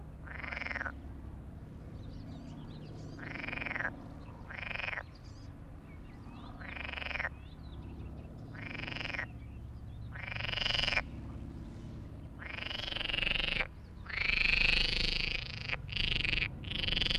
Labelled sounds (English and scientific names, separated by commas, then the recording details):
Edible Frog (Pelophylax esculentus) call
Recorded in the wild
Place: Hohen Neuendorf, OT Borgsdorf, Brandenburg, DE
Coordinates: 52.7083, 13.275
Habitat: pond
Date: 1960-06-01 12:00
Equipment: Reporter, Vollspur
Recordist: Günther, Rainer